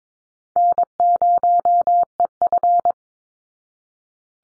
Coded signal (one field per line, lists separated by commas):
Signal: Morse code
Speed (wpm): 22 wpm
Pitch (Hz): 700 Hz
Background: none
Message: N0EF